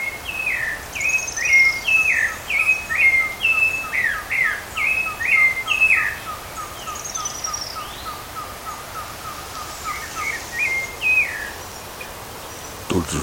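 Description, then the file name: Rufous-bellied thrush singing quick, repeated looping phrases that fade after six seconds before a brief return near ten seconds, with a regular soft ticking underneath and high thin whistles from another bird. Recorded at Parque do Caracol, Canela, Rio Grande do Sul, Brazil, on 30 October 2013. "Turdus-rufiventris-Pq Caracol Canela RS-30-10-13-ASilveira"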